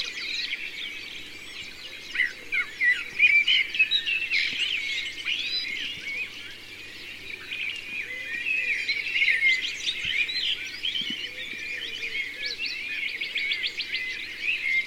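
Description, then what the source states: Bird chorus: many songbirds singing at once, dense chirps, trills and warbled phrases overlapping throughout, with a faint low hum beneath. Mixed forest.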